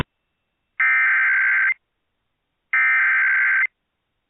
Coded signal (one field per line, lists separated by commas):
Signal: Emergency Alert System (SAME) tones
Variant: header bursts